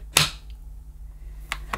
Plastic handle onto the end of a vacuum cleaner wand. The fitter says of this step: attach the handle to the end of the wand until it clicks into position